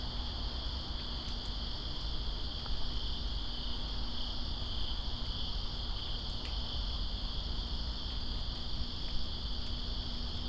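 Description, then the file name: Cricket chorus holding a constant shrill trill over steady rainfall, a few sharp drip clicks scattered through. Crickets recorded in Greensboro on September 2, 2017, during rain. "Greensboro Crickets And Rain September 02 2017"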